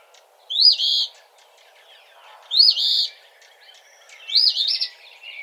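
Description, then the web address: Eastern phoebe: three buzzy, slurred fee-bee phrases spaced roughly two seconds apart, with faint twittering in the background. Recorded on 17 March 2007. "Eastern Phoebe 2007 03 17"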